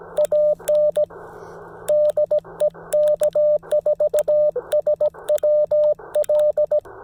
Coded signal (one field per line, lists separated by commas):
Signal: Morse code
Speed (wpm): 17 wpm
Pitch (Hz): 590 Hz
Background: radio noise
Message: AN DE K4SWL